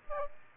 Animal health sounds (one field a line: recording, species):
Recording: mosquito wingbeat signal from an infrared sensor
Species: Aedes aegypti